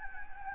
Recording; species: mosquito wingbeat signal from an infrared sensor; Anopheles gambiae